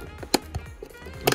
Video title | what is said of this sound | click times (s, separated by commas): REPLACING GOLF R WING MIRROR AND MIRROR COVERS | there we go oh there you go you know those clicks | 0.3 s, 1.3 s